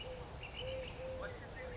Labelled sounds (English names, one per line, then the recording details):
Eurasian Collared Dove
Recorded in Sonoma County, California